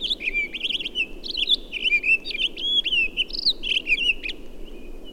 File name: Townsend's Solitaire